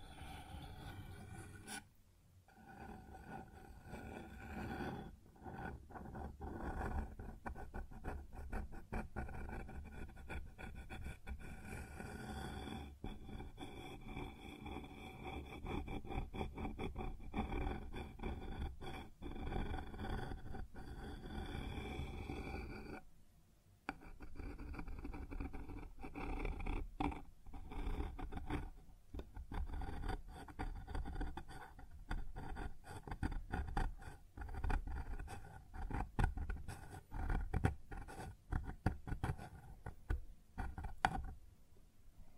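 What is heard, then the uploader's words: Objects rub and knock on a wooden surface, with a steady low rumble underneath and frequent sharp clicks and taps scattered throughout. A thin high whine runs through long stretches, and the sound briefly drops out near 2 and 23 seconds. ASMR Sounds on Wooden Surface (No Talking).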